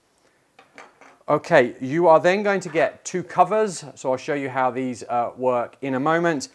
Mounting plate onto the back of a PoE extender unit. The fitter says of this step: just go on the back there and lock into place, probably if I get it the right way up, and hold that then in place.